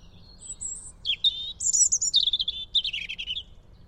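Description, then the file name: European robin song: a thin high note opening, then rapid tumbling warbled phrases and trills sliding between high and middle pitches. "Erithacus rubecula"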